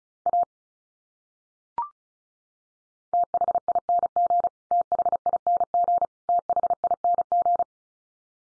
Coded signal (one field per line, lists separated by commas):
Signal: Morse code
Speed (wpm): 34 wpm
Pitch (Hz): 700 Hz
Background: none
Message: A THING THING THING